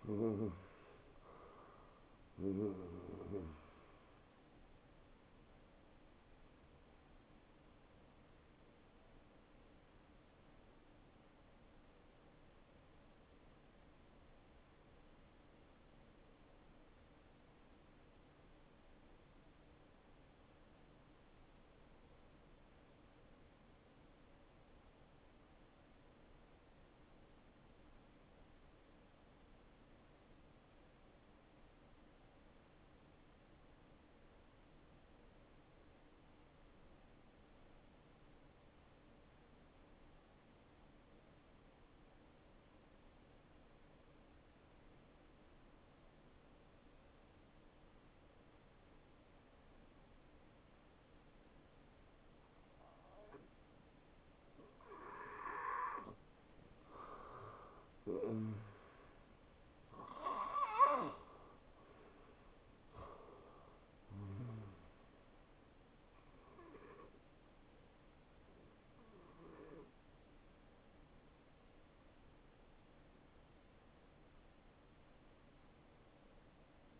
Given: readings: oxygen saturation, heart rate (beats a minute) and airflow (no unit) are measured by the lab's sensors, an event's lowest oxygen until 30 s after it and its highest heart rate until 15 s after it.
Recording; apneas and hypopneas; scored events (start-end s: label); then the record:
breathing in sleep by a voice recorder at the bedside; 1
9.00-55.10 s: hypopnea (N1, oxygen 95% highest, then 86% lowest, heart rate 71 at the start, 76 highest)
27.00-77.00 s: new sleep stage, N2 (light sleep)
From the record:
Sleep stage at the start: N1 (lightest sleep); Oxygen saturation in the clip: 87 to 95%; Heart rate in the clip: 57 to 76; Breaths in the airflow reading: 8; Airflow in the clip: -13.1 to 8.7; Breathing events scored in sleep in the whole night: 263 in 5.5 hours asleep